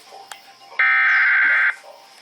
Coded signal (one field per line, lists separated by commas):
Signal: Emergency Alert System (SAME) tones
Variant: header bursts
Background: speech